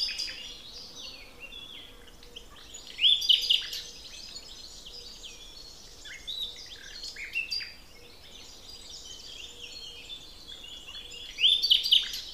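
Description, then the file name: Common nightingale song of varied whistles and quick chattering notes in several phrases, loudest early on and at the end, with a faint steady low hum. "Luscinia megarhynchos"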